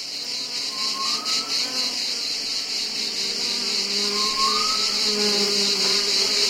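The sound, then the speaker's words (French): Insects buzz continuously in a dense, high-pitched drone, with a few lower whining tones that rise and fade over it. No voices are heard. “Le monde des insectes est vaste.”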